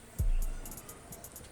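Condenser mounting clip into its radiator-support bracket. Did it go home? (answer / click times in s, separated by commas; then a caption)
no / none. While a replacement condenser is fitted to a Mercedes ML350, its mounting clip is handled against its radiator-support bracket. A short, low thump at about 0.2 s rises over a faint background of steady, repeating high-pitched beats. Nothing has seated or clicked yet.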